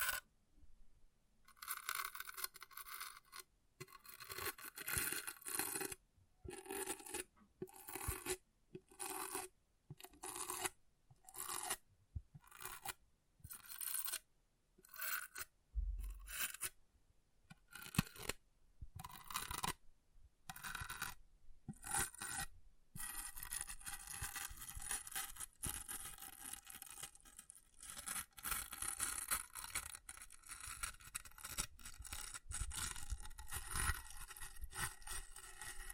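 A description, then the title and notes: An object is scratched in short, bright, rasping strokes, about one per second with brief silences between them, for the first two-thirds of the clip. After that the scratching turns continuous, a steady close-up gritty scrape that carries on to the end. ASMR Brain Melting Object Scratching (No Talking).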